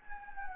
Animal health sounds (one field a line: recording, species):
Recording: mosquito wingbeat signal from an infrared sensor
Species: Anopheles gambiae